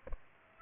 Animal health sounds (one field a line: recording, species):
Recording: mosquito wingbeat signal from an infrared sensor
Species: Aedes aegypti